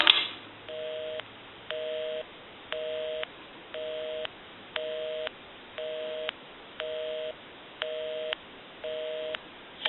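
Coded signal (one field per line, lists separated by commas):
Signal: telephone call progress tone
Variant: North America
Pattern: busy tone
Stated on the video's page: Tone from a 233G 3-slot payphone during checkout, repair and conversion.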